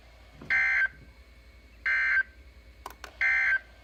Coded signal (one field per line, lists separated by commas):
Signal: Emergency Alert System (SAME) tones